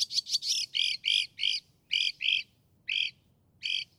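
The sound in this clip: Northern mockingbird song: rapid harsh chattering notes, then a series of buzzy, broad phrases repeated about every third of a second, pausing near the end.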